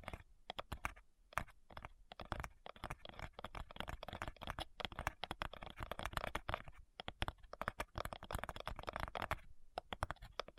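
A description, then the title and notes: Tapping sounds, quick and dense, with fingertips clicking in uneven bursts much like typing on a keyboard. The taps come several per second, crisp and fairly bright, with brief lulls near two, seven and nine and a half seconds. ASMR Addictive Tapping. (No Talking).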